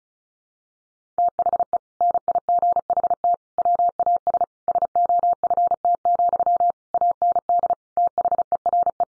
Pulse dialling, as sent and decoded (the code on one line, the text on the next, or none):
none